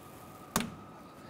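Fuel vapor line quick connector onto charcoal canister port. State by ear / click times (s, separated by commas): seated / 0.6 s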